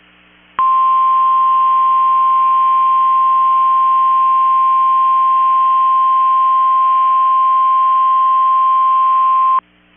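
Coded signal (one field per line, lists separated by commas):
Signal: Emergency Alert System (SAME) tones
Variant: 1050 Hz attention tone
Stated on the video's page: Required weekly test from a weather radio station, received fully.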